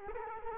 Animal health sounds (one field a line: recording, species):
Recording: mosquito wingbeat signal from an infrared sensor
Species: Culex quinquefasciatus